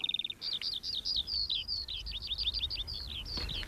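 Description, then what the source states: Eurasian Skylark song: a rapid, continuous stream of high, twittering and trilled notes with quick warbles, starting with a short rattling trill, over faint low background noise. Sings for minutes high in the air, then descends still singing; an early singer of the season; a threatened bird of meadow landscapes.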